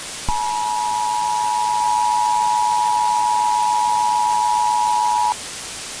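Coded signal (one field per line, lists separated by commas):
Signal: Emergency Alert System (SAME) tones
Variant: 853 and 960 Hz attention tone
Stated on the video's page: Fictional zombie EAS scenario, not a real alert.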